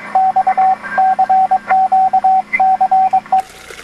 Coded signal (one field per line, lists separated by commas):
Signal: Morse code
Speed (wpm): 22 wpm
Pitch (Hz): 760 Hz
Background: radio noise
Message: X CQ CE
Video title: Raleigh Amateur Radio Society (RARS) 1990 Field Day